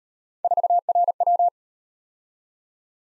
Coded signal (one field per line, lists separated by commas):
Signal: Morse code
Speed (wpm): 37 wpm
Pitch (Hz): 700 Hz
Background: none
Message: 4RW